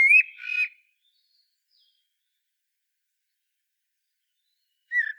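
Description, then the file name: Common blackbird giving a short fluty whistle with a harsh twittering ending, followed by silence and the onset of a new phrase. "Turdus merula"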